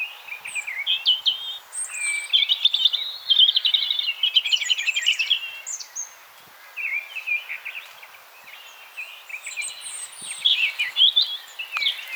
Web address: SETE Erithacus rubecula